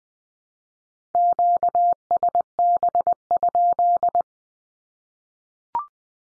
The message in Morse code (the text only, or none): QSB?